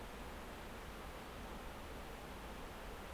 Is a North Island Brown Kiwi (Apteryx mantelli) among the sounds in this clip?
no